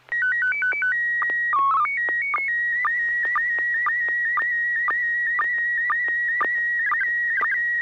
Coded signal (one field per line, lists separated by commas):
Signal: SSTV (slow-scan television)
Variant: PD 120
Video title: N6NA SSTV Net - 09/01/2021